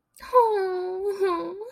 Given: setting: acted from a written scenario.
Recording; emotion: vocal sound without words; relief